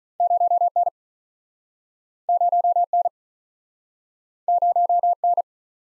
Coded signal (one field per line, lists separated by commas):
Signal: Morse code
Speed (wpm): 48 wpm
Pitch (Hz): 700 Hz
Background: none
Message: 0 N 0 N 0 N